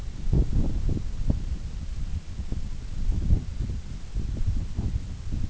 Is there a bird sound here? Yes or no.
no